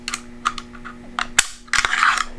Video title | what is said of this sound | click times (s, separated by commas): Ruger P89 vs Ruger P95. On the inside. | Hear it click. | 1.4 s